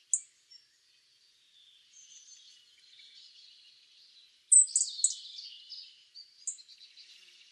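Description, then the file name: European robin song: a sharp high note, a quiet thin warble, then a louder burst of high, jumbled, tinkling notes followed by a few quieter ones. "Erithacus rubecula"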